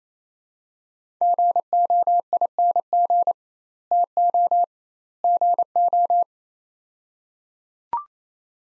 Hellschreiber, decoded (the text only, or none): none